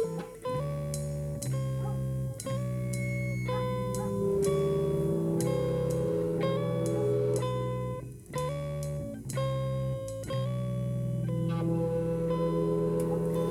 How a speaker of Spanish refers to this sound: Un acople de guitarra para arrancar. Un bajo distorsionado.